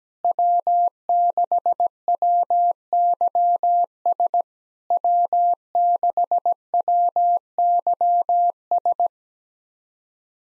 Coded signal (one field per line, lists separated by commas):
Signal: Morse code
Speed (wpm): 17 wpm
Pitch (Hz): 700 Hz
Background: none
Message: W6WYS W6WYS